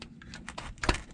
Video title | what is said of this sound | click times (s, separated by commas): Fixing transmission lines on a GMC W4500 or NPR and Chevy | and you'll hear it snap in | 0.8 s